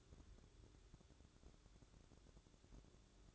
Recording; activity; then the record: daily activity, microphone in the room; take from stove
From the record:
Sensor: 3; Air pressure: 1008.0 hPa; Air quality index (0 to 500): 119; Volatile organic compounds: 2 ppm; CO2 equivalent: 991 ppm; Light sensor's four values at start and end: 9/21/8/8 and 9/21/8/8